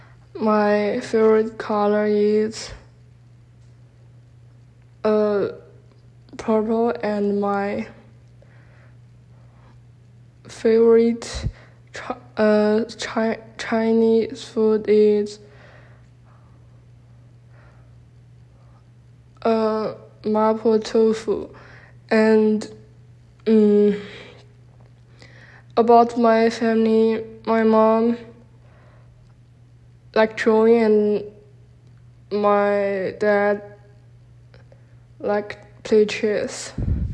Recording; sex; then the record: free speech after running; female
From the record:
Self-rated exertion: light exertion (2 of 6); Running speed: 5 miles an hour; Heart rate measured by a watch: 116 beats a minute at the start, 106 at the end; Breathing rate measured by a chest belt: 14 breaths a minute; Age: 18 years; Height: 162 cm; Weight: 62 kg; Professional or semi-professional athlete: no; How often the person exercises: 1 to 2 times a week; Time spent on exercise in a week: under 1 hour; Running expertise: no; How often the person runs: under once a week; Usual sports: walking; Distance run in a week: 2 km